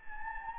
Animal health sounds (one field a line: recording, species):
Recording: mosquito wingbeat signal from an infrared sensor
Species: Anopheles gambiae